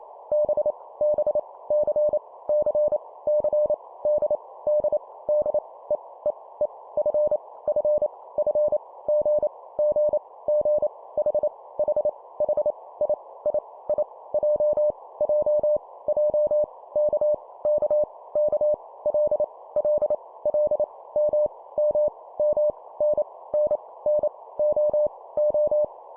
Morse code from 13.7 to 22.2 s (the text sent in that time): I J J J K K K L L L M M